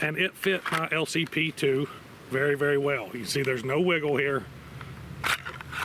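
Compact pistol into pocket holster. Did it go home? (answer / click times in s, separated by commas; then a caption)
yes / 5.6 s. Someone talks while a small Ruger LCP compact pistol is pushed into a worn pocket holster. The pistol snaps firmly into place with a sharp click at 5.6 s, seated with no wiggle.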